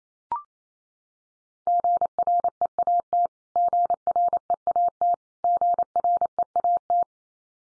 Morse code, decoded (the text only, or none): GREAT GREAT GREAT